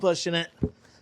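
Someone talks while pushing the last section of a wheelchair sport tire, with the tube inside, over the rim edge by hand, followed by a short low thump near 0.6 s. Nothing has seated or clicked yet; the tire bead is not yet snapped into the wheelchair wheel rim.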